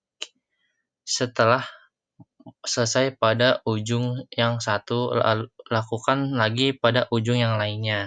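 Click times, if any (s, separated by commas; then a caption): 0.2 s. An RJ-45 plug on a UTP network cable is squeezed with a crimping tool so its brass pins bite into each wire, and a sharp click is heard at 0.2 s. Someone then talks over the rest of the clip. The connector is seated.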